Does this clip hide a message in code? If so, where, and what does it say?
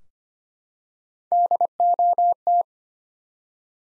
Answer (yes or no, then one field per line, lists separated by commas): yes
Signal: Morse code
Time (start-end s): 1.3-2.6 s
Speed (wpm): 25 wpm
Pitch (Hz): 700 Hz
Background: none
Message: DOT